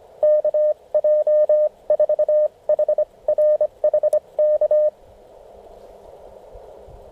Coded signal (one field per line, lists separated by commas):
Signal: Morse code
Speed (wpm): 25 wpm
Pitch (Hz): 610 Hz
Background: none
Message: KJ4HRH K